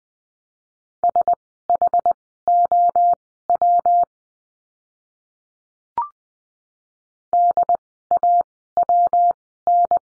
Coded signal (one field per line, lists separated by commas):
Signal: Morse code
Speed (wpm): 20 wpm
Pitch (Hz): 700 Hz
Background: none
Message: SHOW DAWN